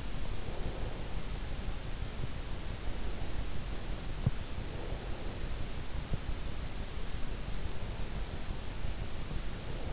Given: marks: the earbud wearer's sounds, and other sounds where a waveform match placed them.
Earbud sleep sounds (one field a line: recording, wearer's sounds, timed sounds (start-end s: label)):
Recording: sounds in sleep by an in-ear microphone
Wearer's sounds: breath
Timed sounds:
0.00-1.60 s: breath